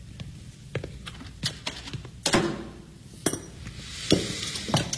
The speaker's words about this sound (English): I'm probably going to be making a lot of noise with these shelves. Don't worry about me.